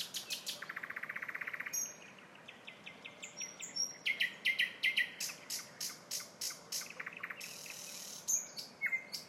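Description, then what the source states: Nightingale song: a fast rattling trill opens, followed by sharp whistled notes and strings of loud repeated chirps. Song of a nightingale recorded in a town.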